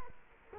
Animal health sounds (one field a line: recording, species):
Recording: mosquito wingbeat signal from an infrared sensor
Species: Culex quinquefasciatus